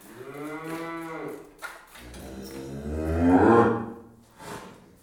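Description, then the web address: Cow mooing in two long, deep, harmonic-rich calls, the second louder. Cow being hand milked. "Cow Hand Milked. The BBC Sound Effects Library, Livestock # 1"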